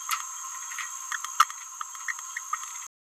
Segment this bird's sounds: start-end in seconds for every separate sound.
1.12-1.16, 2.08-2.12